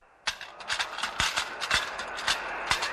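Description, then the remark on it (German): Galloping hoofbeats pound in a quick, uneven rhythm, each thud sharp and percussive over a steady rushing, rattling noise that stays fairly loud throughout. “Da kam sie auf ihrem Ofen herangeprescht, krummnasig, schiefmäulig, klapperdürr hockte sie drauf, wie ein Reiter auf seinem Gaul.”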